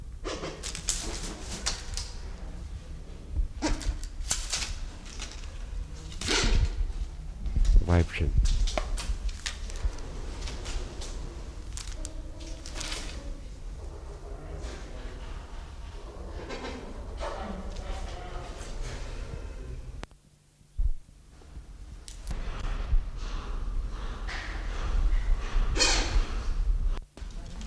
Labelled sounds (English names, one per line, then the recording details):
Silvery-cheeked Hornbill
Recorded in captivity
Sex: pair
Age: adult
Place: Zoo Berlin, Berlin, DE
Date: 1993-01-30
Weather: -6°C, sonnig
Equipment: Marantz CP 430, Sennheiser ME 80, Kopie Uher Variocord 263
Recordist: Tembrock, Günter